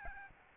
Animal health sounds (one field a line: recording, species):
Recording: mosquito wingbeat signal from an infrared sensor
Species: Aedes albopictus